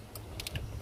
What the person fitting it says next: There, pop. You gotta hear them click or they're not in all the way.